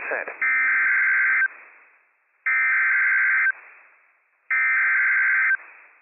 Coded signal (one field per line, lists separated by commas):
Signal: Emergency Alert System (SAME) tones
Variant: header bursts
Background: speech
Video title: Severe Thunderstorm Warning - WWF56 - EAS #310 - 8:10 PM PDT 5/3/23